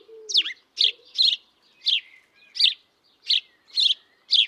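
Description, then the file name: House sparrow chirping, eight short clipped notes with one dropping note at the start and a faint low tone at the beginning. "Passer domesticus"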